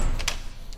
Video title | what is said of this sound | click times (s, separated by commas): Toolbox Tour Cornwell Tools Platinum Series Toolbox and Hutch | other thing I like about it one of my favorite features is when you close the drawers they just like closing the door on a Cadillac you know it just makes that nice little click | 0.3 s